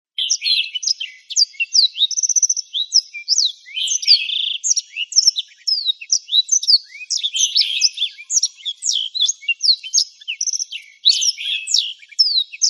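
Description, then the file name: Black-throated canary pouring out a sustained, jumbled high song of rapid chirps, slides and brief buzzy trills with hardly any breaks. "suara burung blackthroat"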